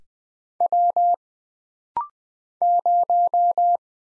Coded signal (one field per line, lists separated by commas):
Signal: Morse code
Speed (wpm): 20 wpm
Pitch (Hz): 700 Hz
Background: none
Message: W 0